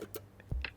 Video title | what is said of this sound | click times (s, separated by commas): AutoDIY: How to change Air Filter - AutoBuzz.my | Lock the container back into place. | 0.2 s, 0.7 s